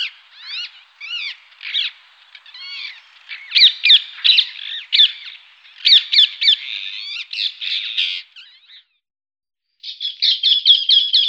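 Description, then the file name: Rose-ringed parakeet giving loud, harsh squawks and chattering screeches in irregular bursts, with a short silence before a final rapid series. "parrocchetto dal collare"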